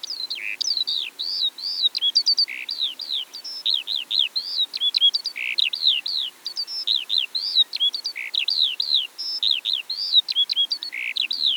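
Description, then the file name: Eurasian skylark singing a long, breathless run of twittering notes, sharp slurred chirps and brief trills tumbling one after another without a break. Eastern Europe. "Stimmen der Natur aus Osteuropa - Feldlerche"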